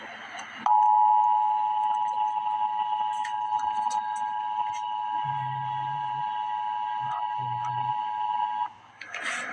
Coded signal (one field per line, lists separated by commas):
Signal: Emergency Alert System (SAME) tones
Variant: 853 and 960 Hz attention tone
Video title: Emergency Alert System - Cold Weather Advisory - Jan 18, 2026 at 1:50 PM EST